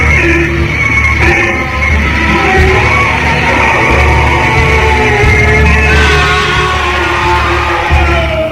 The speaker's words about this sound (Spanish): Oye, ¿estás bien? Escuchamos un grito. ¿Qué te pasó?